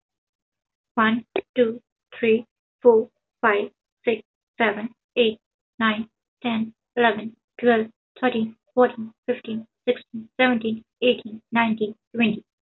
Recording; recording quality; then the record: counting at a normal pace; excellent, no background noise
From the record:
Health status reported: healthy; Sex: female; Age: 21 years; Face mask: not worn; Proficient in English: yes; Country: India